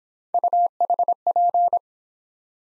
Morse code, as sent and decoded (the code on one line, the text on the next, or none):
..- .... .--.
UHP